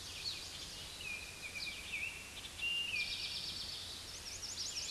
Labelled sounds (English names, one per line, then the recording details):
Eastern Towhee song
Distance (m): 25 m
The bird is about 10 m above the microphone
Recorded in a Pennsylvania forest on 16 May 2024 at 06:37
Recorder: AudioMoth, point MSD-0690
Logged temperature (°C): 16.0 °C
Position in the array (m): 212 m, 125 m